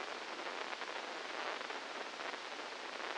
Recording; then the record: brain microelectrode recording played as sound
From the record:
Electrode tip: inside the subthalamic nucleus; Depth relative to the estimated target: -3 mm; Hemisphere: left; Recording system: NeuroSet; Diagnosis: Parkinson's disease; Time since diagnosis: 15 years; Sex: female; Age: 59 years